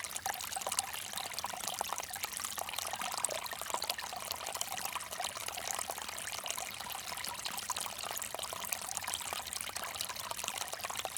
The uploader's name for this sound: Small Bamboo Fountain